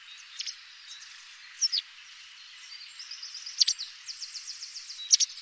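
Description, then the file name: White wagtail gives a few sharp, high double chirps, spaced irregularly, alongside a soft rapid trill in the background. "Bergeronnette grise"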